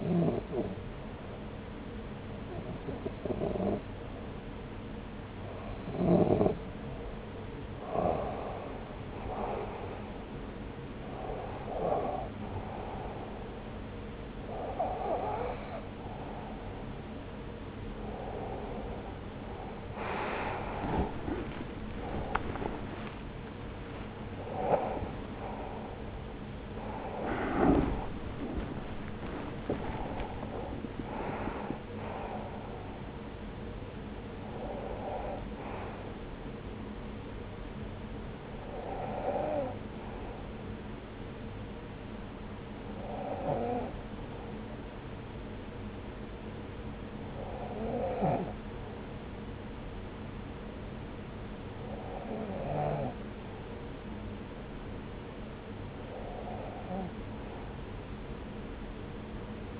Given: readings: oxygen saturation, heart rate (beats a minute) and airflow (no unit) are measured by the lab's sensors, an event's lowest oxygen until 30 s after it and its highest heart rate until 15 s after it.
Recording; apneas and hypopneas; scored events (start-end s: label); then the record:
breathing in sleep by a voice recorder at the bedside; none
36.00-59.80 s: new sleep stage, N1 (lightest sleep)
From the record:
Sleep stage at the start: REM sleep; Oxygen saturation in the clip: 92 to 96%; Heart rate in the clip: 67 to 99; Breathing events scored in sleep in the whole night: 303 in 8.1 hours asleep